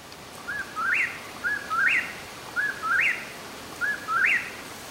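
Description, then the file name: Eastern whip-poor-will giving its three-part whistled song four times in five seconds: a short note, then a sharply rising, looping whistle. The background is quiet. "Eastern Whip-poor-will-Morlan"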